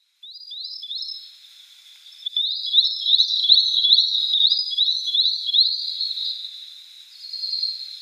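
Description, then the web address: Spotted sandpiper calling in a long run of high, sharp whistled notes, each rising then stepping, repeated a few times a second for most of eight seconds. "Schulze Peter Spotted Sandpiper calls"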